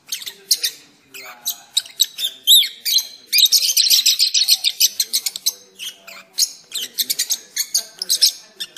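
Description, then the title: Oriental magpie-robin song, a lively run of fast, high twittering notes and whistles, building to a dense chattering stretch in the middle. "Kicau Kacer"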